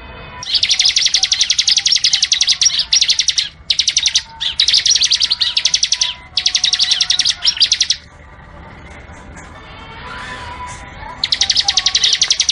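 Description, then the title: Bar-winged prinia song: long, very rapid trills of sharp high chirps in loud blocks of about one to three seconds, broken by brief gaps and a quieter stretch. Training (master) recording from 2019 featuring two varieties, semi and crystal. "Masteran 2019 Cisem Ciblek Semi Dan Cikris Ciblek Kristal"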